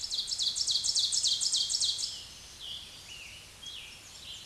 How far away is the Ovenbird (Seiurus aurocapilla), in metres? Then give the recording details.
about 15 m. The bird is about 5 m above the microphone. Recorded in a Pennsylvania forest on 16 May 2024 at 06:36. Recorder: AudioMoth, point MSD-2376. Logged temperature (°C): 16.7 °C. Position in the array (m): 135 m, 5 m